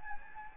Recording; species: mosquito wingbeat signal from an infrared sensor; Anopheles gambiae